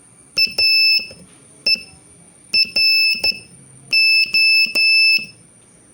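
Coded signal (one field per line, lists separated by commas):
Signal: Morse code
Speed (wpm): 12 wpm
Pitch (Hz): 2650 Hz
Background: none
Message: AERO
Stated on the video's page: Beginner Morse practice drill adding R and K to earlier letters, sending three- and four-letter words.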